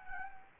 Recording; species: mosquito wingbeat signal from an infrared sensor; Anopheles gambiae